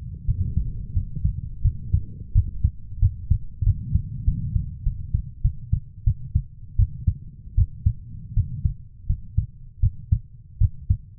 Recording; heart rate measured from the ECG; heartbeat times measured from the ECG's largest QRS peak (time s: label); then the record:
heart sounds by stethoscope; 87 bpm
0.25 s: heartbeat
0.93 s: heartbeat
1.62 s: heartbeat
2.33 s: heartbeat
3.00 s: heartbeat
3.64 s: heartbeat
4.25 s: heartbeat
4.84 s: heartbeat
5.42 s: heartbeat
6.04 s: heartbeat
6.76 s: heartbeat
7.55 s: heartbeat
8.34 s: heartbeat
9.07 s: heartbeat
9.80 s: heartbeat
10.58 s: heartbeat
From the record:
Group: healthy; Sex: female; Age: 24 years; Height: 163 cm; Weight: 55.7 kg